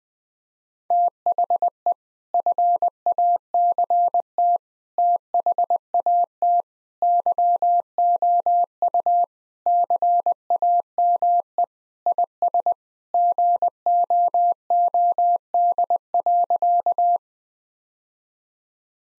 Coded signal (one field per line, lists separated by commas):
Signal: Morse code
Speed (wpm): 20 wpm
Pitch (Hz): 700 Hz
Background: none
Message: THE FACT THAT YOU CAME IS GOOD.